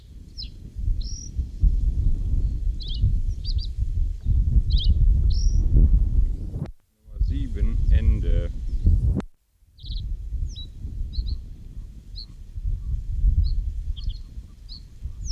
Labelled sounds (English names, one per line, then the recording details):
Reed Bunting song
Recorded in the wild
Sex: male
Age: adult
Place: Hüde, Niedersachsen, DE
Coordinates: 52.485, 8.32222
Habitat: moor, lake
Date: 1970-05-07
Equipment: Uher 4000 Report-S, Bändchenmikro Beyer M 260, Parabolspiegel Polyester (470 mm)
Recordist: Conrads, Klaus